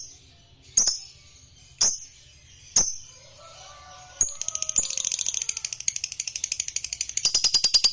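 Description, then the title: Lovebird song: a few sharp high chirps about a second apart, then a fast, continuous, shrill pulsed trill running without pause to the end. Recording meant to make a lovebird that is lazy to sing eager, so it spontaneously goes straight into long trilling (narik). "LOVEBIRD Malas Bunyi JADI GREGET SPONTAN Langsung NARIK"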